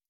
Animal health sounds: hydrophone in a shrimp aquaculture tank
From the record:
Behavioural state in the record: starved

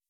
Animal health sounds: hydrophone in a shrimp aquaculture tank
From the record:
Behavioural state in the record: weakened

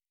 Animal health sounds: hydrophone in a shrimp aquaculture tank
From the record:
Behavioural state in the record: normal

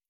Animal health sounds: hydrophone in a shrimp aquaculture tank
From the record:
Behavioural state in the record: stressed

